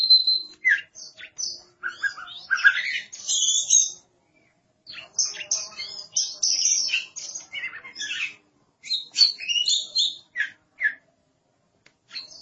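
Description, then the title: Oriental magpie-robin song in separate bursts of rich chirps, slurred whistles and trills, broken by short pauses of silence. "Suara Kicauan Burung Kacer"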